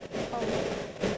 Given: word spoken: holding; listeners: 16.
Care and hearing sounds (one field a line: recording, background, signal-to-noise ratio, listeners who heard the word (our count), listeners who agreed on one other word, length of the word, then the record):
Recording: one English word in noise, from a listening test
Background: noise modulated by three-talker babble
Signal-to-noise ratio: -6.7 dB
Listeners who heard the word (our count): 0 of 16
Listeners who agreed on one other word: 8 of 16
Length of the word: 0.77 s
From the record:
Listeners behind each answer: 8, 3, 2, 1, 1, 1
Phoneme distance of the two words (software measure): 21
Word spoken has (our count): 2 syllables, 6 phonemes, stress on syllable 1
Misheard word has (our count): 1 syllable, 3 phonemes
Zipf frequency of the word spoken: 4.76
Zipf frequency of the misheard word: 5.79